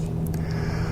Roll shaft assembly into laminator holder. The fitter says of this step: simply fits in like that, and then we turn and lock it in place.